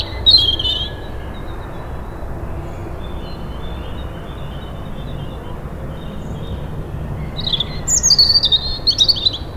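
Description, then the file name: European robin song: a short high phrase, a long stretch of low rumbling noise, then another thin, tinkling phrase. "Erithacus rubecula"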